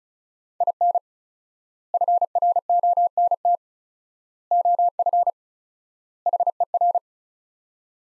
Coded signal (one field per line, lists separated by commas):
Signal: Morse code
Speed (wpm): 34 wpm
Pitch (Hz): 700 Hz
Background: none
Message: IN FRONT OF HER